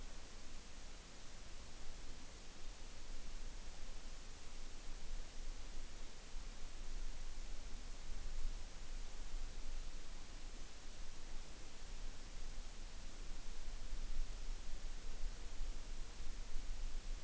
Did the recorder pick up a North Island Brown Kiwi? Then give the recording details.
no. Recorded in New Zealand on 5 June 2013. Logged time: 02:19